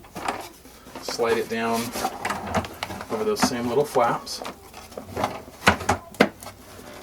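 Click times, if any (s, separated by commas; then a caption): none. A new filter bag is slid down over the small plastic flaps inside a Festool CT MIDI dust extractor container while someone talks, with a few sharp handling knocks near the end. The bag's collar has not clicked into place yet; nothing has seated.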